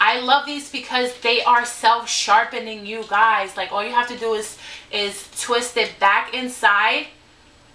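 Someone talks while handling a plastic waterproof kohl eyeliner pencil with a self-sharpening twist cap, about to twist the sharpening end back in. Nothing has seated or clicked yet; the clip ends on quiet after the speech.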